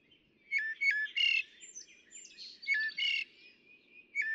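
Northern mockingbird singing a jumble of short whistled and chattering phrases, some repeated twice, with pauses between bursts and a faint low hum beneath.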